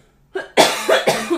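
A quick run of about five harsh, rough adult coughs in a small room, each following straight on the last, brought on while smoking.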